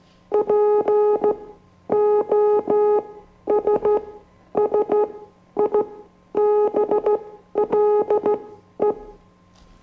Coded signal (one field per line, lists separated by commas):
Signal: Morse code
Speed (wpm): 16 wpm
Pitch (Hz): 420 Hz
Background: music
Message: POSSIBLE